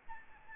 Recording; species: mosquito wingbeat signal from an infrared sensor; Aedes albopictus